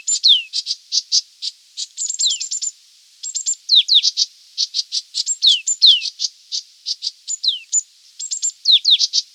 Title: Green-backed Tit (Parus monticolus)